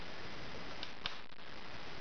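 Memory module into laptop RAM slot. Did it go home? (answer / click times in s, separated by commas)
yes / 1.1 s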